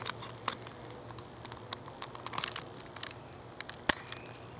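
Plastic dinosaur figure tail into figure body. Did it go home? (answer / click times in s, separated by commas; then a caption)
yes / 3.9 s. A plastic tail piece of a dinosaur action figure is pushed onto the figure's body, with light plastic crackles and small ticks throughout. A sharp, loud snap at 3.9 s marks the tail seating into the body, though the fit is somewhat loose.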